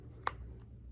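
A plastic snap lid on a small wax travel container is pressed shut. It closes with one sharp click at 0.3 s, and a fainter high tick follows around 0.6 s over a low steady background hum. The lid is snapped securely closed, so it won't move or pop open.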